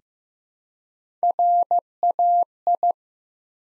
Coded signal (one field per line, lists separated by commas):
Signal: Morse code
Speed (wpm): 15 wpm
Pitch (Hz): 700 Hz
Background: none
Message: RAI